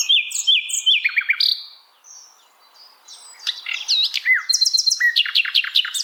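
Bird song: clear whistled notes and downward slurs, a brief lull near two seconds, then a quick run of varied chirps and trills.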